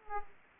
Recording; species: mosquito wingbeat signal from an infrared sensor; Aedes aegypti